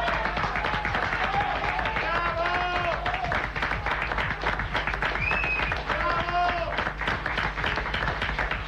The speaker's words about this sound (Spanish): Señores, acaba de renunciar, le está llevando en este momento... Yo aplaudo.